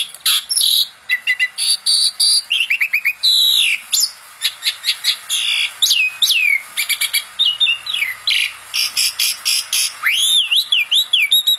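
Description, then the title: Asian pied starling song, a rapid varied run of high whistles, sharp chips and fast trills, ending in a looping whistled phrase that rises and falls. Masteran (tutor) recording for songbirds, meant to fix birds that sing too little and are listless. "Masteran Jalak Suren Atasi Burung KURANG GACOR Dan LOYO"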